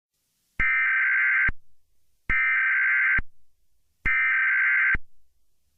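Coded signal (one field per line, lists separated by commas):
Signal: Emergency Alert System (SAME) tones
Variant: header bursts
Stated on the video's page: Fictional EAS scenario about a website shutdown, not a real alert.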